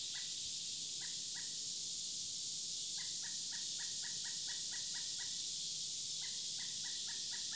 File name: pileated woodpecker